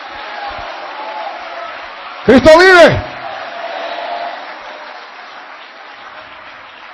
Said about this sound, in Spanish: A su nombre, gloria. ¡Dele palmas a Cristo!